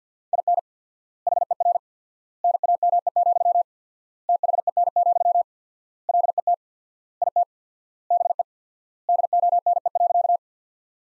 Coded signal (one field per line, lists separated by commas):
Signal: Morse code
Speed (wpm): 50 wpm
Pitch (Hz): 700 Hz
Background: none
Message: IN HER NAME, THEN, LET IT BE DONE.